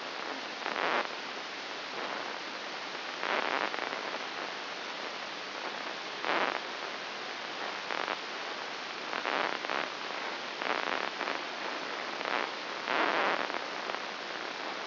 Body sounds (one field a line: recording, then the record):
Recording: brain microelectrode recording played as sound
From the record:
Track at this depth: inside the subthalamic nucleus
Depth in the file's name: 5.301 mm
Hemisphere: left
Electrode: 2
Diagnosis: Parkinson's disease